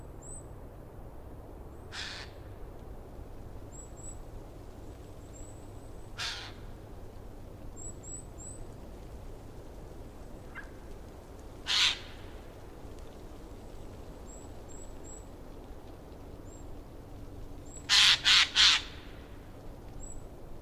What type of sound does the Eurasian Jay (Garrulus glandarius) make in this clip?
call